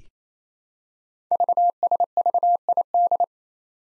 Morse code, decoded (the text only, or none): VSVID